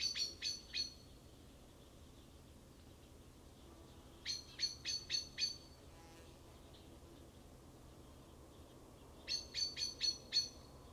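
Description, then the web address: Common blackbird chinking, three clusters of several quick, sharp metallic notes separated by quieter gaps, with steady low background noise throughout. "SETE data Turdus merula"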